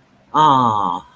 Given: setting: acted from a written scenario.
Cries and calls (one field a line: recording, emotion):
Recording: vocal sound without words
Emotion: adoration